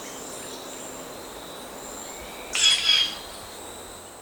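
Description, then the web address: Inca Jay uttering a single rasping call in two quick pulses, set against a constant background hum of insects. Ecuador. "Birds of Ecuador. Inca Jay (Green Jay)"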